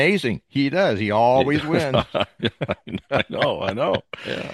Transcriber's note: laughs